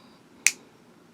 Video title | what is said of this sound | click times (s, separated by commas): Jinhao 750 Fountain Pen Review | got a nice click you cap it I like that it's nice it's tight | 0.5 s